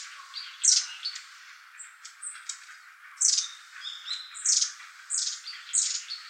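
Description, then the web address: Long-tailed tit giving high, thin calls at irregular intervals, with a few softer, lower notes between them. Recorded on 23 January 2014. "birdenaga enaga"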